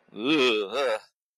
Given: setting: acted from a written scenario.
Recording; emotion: vocal sound without words; negative surprise